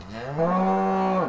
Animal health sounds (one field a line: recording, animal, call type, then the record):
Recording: contact call of a hoofed animal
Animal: cattle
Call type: low-frequency (closed-mouth) or high-frequency (open-mouth) call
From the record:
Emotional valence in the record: negative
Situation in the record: physical separation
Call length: 1.29 s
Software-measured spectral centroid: 1180 Hz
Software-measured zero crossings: 1340 a second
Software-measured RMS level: -24 dBFS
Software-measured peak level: -12 dBFS